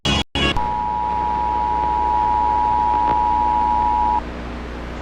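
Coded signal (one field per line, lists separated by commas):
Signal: Emergency Alert System (SAME) tones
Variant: 853 and 960 Hz attention tone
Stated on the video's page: Fictional emergency broadcast mock.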